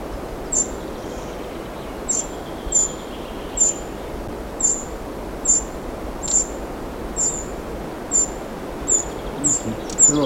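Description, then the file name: Eurasian wren giving a series of thin, high, clipped tick calls at slightly irregular intervals, with constant hiss. "Troglodytes troglodytes"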